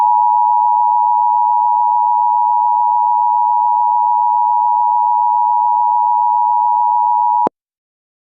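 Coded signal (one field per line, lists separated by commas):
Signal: Emergency Alert System (SAME) tones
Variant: 853 and 960 Hz attention tone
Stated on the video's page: Real Avalanche Watch for Salt Lake City, Utah, with valid tones.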